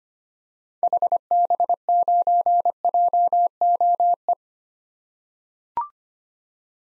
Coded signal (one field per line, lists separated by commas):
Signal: Morse code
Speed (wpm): 25 wpm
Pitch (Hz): 700 Hz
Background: none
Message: HB9JOE